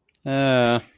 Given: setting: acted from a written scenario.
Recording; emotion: vocal sound without words; neutral